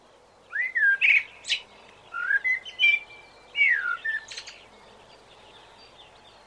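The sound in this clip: Blackbird song: three fluted, warbling whistled phrases with thin, higher squeaky notes, separated by short pauses, over a soft steady hiss.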